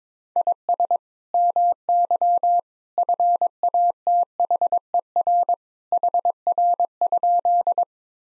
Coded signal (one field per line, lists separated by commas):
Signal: Morse code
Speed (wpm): 22 wpm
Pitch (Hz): 700 Hz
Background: none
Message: IS MY FATHER HR?